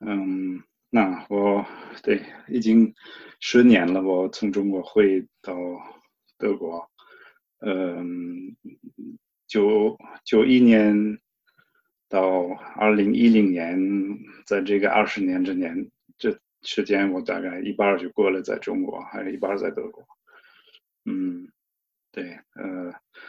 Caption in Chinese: 在中国做口吃开拓工作的德国大叔。 今年52岁。我是德国人。 口吃会伴随我一生。 在去中国之前我参加了在科隆的口吃自助小组。